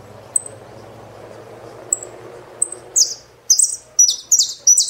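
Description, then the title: Saffron finch song: a few isolated high chips, then rapid buzzy descending phrases repeated several times. "Jilguero Argentino"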